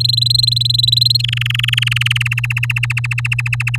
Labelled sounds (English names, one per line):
Domestic Canary song